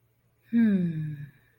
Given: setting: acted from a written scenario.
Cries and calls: vocal sound without words; serenity

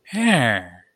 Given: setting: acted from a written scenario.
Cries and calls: vocal sound without words; interest

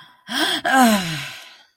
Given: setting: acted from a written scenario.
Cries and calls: vocal sound without words; embarrassment

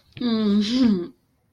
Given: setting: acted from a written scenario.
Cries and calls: vocal sound without words; romantic love

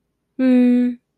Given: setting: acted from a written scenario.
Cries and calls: vocal sound without words; neutral

